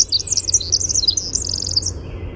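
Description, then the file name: Winter wren song fragment: rapid high sparkling notes running into a quick even trill, over a low background hum. "WIWR song"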